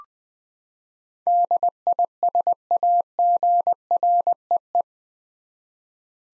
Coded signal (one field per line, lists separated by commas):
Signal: Morse code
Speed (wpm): 20 wpm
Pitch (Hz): 700 Hz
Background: none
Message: DISAGREE